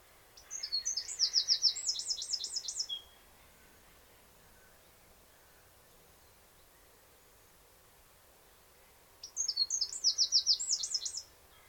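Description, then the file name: Eurasian wren song: two bursts of rapid, very high, shrill notes and fast trills, each about two and a half seconds long, separated by roughly six seconds of quiet background. "Troglodytes troglodytes"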